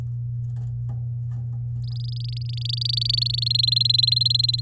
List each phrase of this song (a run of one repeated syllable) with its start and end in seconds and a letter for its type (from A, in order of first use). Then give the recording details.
1.84-3.48 A, 3.50-4.61 B. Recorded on 10 May 2018 at 12:30. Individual llb16